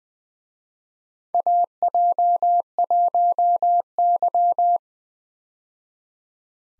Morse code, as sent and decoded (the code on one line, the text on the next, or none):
.- .--- .---- -.--
AJ1Y